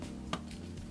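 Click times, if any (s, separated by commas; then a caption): 0.3 s. A screw-top lid is placed on a small craft powder jar and turned anti-clockwise until it clicks into the thread start at 0.3 seconds, ready to be turned clockwise to seal. A sharp, short click stands out over a steady low hum and faint softer ticks. The lid is seated in thread alignment.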